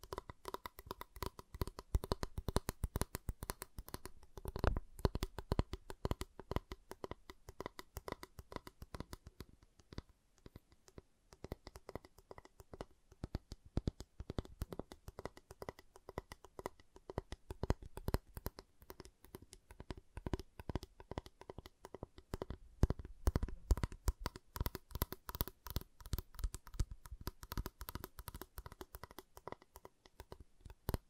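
Tapping and snapping on a giant chocolate bar, with dense, rapid clicks and taps running throughout. The strikes come in quick irregular bursts, some sharper and louder, especially around five and twenty-three seconds, with brief quieter gaps near ten and eighteen seconds.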